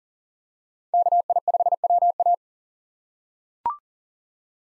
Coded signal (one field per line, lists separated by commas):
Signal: Morse code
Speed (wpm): 40 wpm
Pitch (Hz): 700 Hz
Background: none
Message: KI5WA